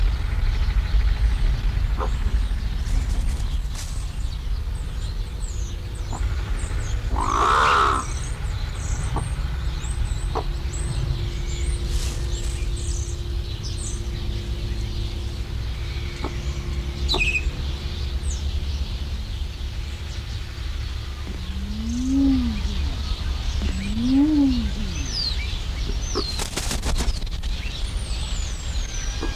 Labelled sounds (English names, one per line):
Green Imperial Pigeon